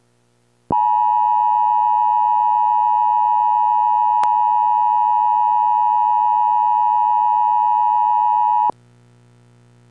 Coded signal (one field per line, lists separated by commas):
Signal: Emergency Alert System (SAME) tones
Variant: 853 and 960 Hz attention tone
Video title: EAS. evacuation immediate for bastrop county texas